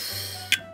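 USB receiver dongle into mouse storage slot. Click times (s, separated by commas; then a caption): 0.5 s. A small plastic USB nano receiver is pushed into the storage slot in the body of an HXSJ X50 wireless mouse. Over a steady tonal background hum, one sharp, bright click sounds at 0.5 s. The receiver is seated and held firmly so it will not fall out.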